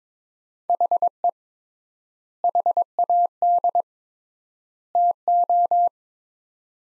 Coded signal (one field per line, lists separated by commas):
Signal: Morse code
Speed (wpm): 21 wpm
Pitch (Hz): 700 Hz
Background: none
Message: HE HAD TO